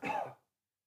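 A single short, harsh cough from a man, lasting under half a second, with a throat-clearing quality. It is slightly muffled because it was coughed into a microphone filter, though still clearly audible, and it ends abruptly in silence.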